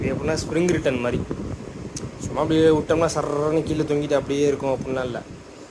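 Someone talks while handling the fabric of a Vilro wall-mounted autolock pull-down projector screen (7 ft x 5 ft, 100" diagonal, 16:9), pulling it down so the spring-return autolock on the roller in its housing can catch and hold it. Speech fills the clip, with a brief sharp sound near 2.0 s. The autolock has not caught or clicked yet.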